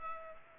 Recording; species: mosquito wingbeat signal from an infrared sensor; Culex pipiens